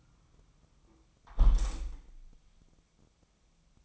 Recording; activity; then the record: daily activity, microphone in the room; close window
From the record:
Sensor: 1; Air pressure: 1004.7 hPa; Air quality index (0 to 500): 114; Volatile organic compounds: 4 ppm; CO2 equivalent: 1570 ppm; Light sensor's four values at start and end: 8/21/8/9 and 8/20/8/9